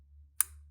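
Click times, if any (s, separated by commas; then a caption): 0.4 s. A push pin on a stock CPU heatsink is pressed down through the motherboard mounting hole until it locks. A single sharp, loud click sounds at 0.4 s over a steady low hum, and the pin is seated.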